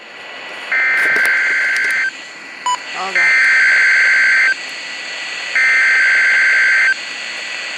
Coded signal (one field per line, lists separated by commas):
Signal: Emergency Alert System (SAME) tones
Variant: header bursts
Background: speech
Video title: EAS #33 - Required Weekly Test